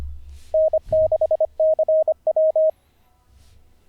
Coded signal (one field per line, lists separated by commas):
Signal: Morse code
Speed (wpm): 25 wpm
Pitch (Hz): 630 Hz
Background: none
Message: N6CW